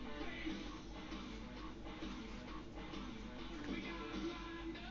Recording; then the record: background sound without coughing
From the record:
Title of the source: BackgroundMusic